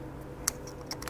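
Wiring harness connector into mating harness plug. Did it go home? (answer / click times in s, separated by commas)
yes / 0.5 s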